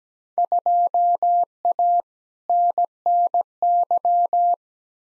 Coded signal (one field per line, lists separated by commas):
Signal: Morse code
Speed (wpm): 17 wpm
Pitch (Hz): 700 Hz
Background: none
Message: 2A NNY